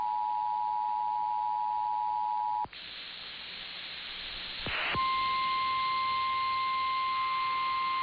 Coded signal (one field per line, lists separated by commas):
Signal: Emergency Alert System (SAME) tones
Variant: 853 and 960 Hz attention tone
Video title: CALIFORNIA FLOODING AND STORMS... EAS Alerts from 1/9/23 - 1/10/23 (EAS #1,853 - 1,861)